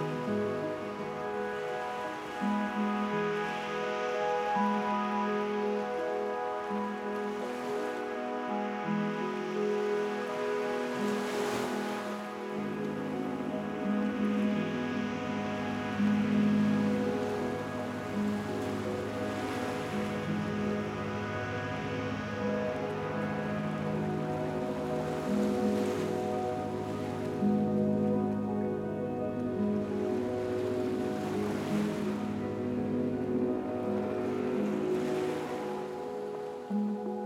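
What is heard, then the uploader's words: Night beach sounds: a steady, even hiss with a constant low hum, and soft waves washing in roughly every five to eight seconds. Midnight Peace at the Beach.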